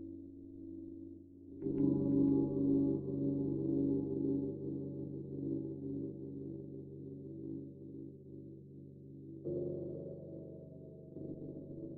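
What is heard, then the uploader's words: Gongs ring in a long, shimmering drone with a deep low hum throughout. A soft tone opens, then a fuller stroke near two seconds swells and slowly fades, and another strike around nine and a half seconds brightens the sound again. Meditation Five Celestial Gongs.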